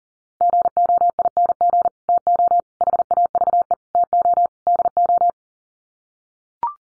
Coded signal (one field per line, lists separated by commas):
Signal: Morse code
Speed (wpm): 40 wpm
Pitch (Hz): 700 Hz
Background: none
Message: GOING TO HAVE TO DO